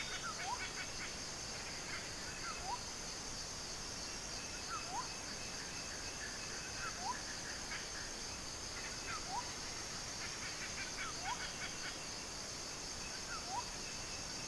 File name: Oriolus brachyrynchus - Western Oriole